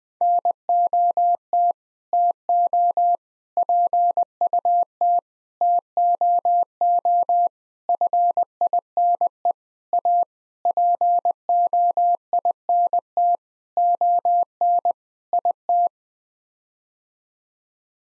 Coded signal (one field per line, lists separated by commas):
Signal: Morse code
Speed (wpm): 20 wpm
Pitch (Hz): 700 Hz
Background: none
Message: NOT TO PUT TOO FINE A POINT ON IT